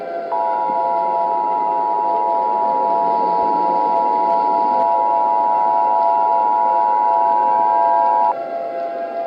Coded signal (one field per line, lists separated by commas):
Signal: Emergency Alert System (SAME) tones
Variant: 853 and 960 Hz attention tone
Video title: EAS Scenario - Alien Invasion (REMASTERED)